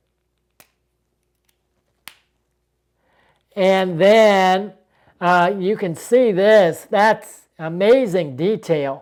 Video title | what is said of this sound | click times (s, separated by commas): Apple Watch Bands | and this is a high quality heavy snap maybe you can hear it | 2.1 s